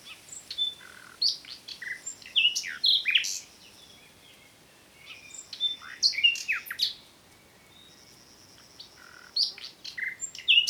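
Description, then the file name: Common nightingale song in bursts of varied whistles, rattles and high buzzy notes, with pauses of a second or two between phrases. "Luscinia megarhynchos"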